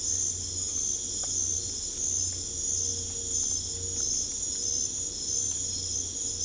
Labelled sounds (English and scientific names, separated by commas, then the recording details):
none
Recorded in pastures near Puerto Asís, Putumayo, Colombia, on 22 December 2024 at 21:30
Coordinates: 0.487, -76.322
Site GP09